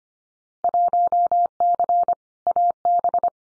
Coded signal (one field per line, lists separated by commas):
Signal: Morse code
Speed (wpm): 25 wpm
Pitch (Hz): 700 Hz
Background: none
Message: 1C AB